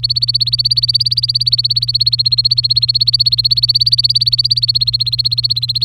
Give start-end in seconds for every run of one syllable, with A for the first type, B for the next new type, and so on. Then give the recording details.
0.00-5.85 A. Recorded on 23 April 2018 at 16:21. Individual llb3